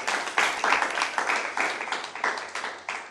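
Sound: audience applause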